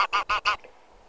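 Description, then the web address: Greylag goose honking: four loud, nasal, rapid honks in a quick burst, then silence. A flock in a noisy gathering, called a 'bazaar'. "Гусь серый базар Oche Selvatiche"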